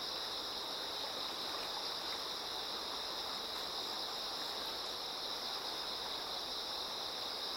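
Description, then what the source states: Even, high-pitched insect chorus shimmers continuously against the steady rush of a flowing river. Insects singing in chorus beside a slowly flowing river.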